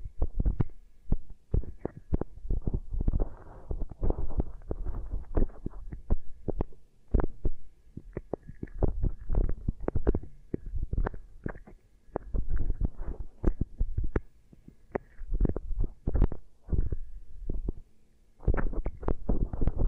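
Beeswax ear triggers: dense, irregular sticky crackles and soft pops, with deep muffled thuds throughout, as if the microphone is being pressed and rubbed. The sounds come in quick clusters with brief pauses, most noticeably near 7, 12 and 18 seconds.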